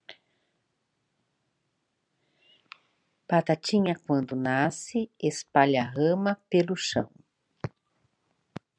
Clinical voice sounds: short text; Brazilian Portuguese; female; 50 to 59 years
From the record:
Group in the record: control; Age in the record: 53 years

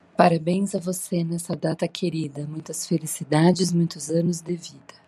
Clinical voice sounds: short text; Brazilian Portuguese; female; 40 to 49 years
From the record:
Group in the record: control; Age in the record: 46 years

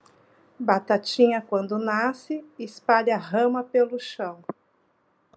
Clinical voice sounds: short text; Brazilian Portuguese; female; 40 to 49 years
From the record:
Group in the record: control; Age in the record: 45 years

